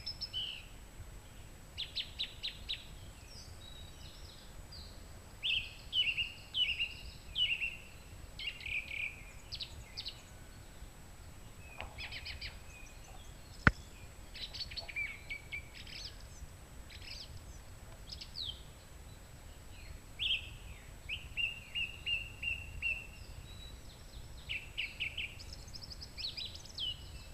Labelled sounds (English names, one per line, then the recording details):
Song Thrush song
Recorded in the wild
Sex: male
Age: adult
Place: Treffen am Ossiacher See, Ossiachersee, Kärnten, AT
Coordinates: 46.67, 13.942
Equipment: Hornyphon, Phillips Mikrofon
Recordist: Brunner, Thomas
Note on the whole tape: Frühjahr 1964, hinter der Hansbauerhalt aufgenommen